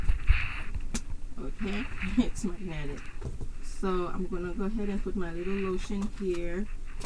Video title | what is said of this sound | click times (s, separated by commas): Prada Unboxing | Yes, you hear the snap? | 1.0 s